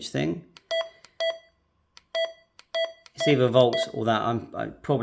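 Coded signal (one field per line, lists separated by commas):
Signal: none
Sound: radio button beeps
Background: speech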